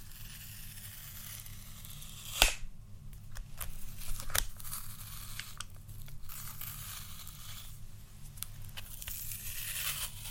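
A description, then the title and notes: ASMR makeup triggers: soft crinkling and brushing rustles over a steady low hum and airy hiss. A sharp tap or click lands near the 2.5-second mark and another around 4.5 seconds, with lighter scattered ticks and scratches continuing through the rest. ASMR Makeup Triggers.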